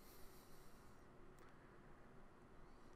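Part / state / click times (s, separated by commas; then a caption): CPU cooler push pins into motherboard holes / not seated / none. A CPU cooler's plastic push pins are lined up over the motherboard holes before pressure is applied, under a steady broadband hiss with faint breathy noise. Nothing has seated or clicked yet.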